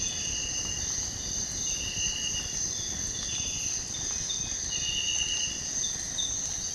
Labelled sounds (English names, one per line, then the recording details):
none
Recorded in secondary vegetation near Puerto Asís, Putumayo, Colombia, on 18 February 2024 at 06:00
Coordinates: 0.468, -76.324
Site G6381